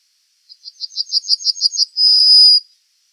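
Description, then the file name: Bunting singing a rapid run of short high chipping notes followed by a sustained flat whistle, silence around it. "Golosa ptic i zverei - Ovsyanka"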